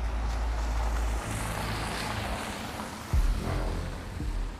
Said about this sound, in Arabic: انظر، ظهرت سيارة هناك للتو.